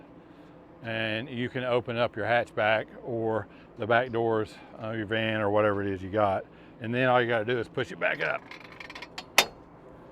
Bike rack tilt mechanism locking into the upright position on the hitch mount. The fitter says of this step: and it locks into place just like so.